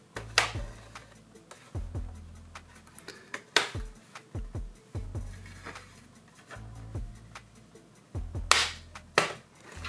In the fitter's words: you just need to hear the click sounds then you know that it will disassemble soon